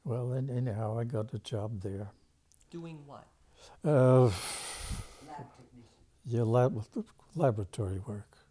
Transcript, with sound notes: Well, any-anyhow, I got the job there. Doing what? Uh - (sighs) Lab technician Yeah, Lab-la-laboratory work.